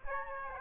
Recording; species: mosquito wingbeat signal from an infrared sensor; Aedes aegypti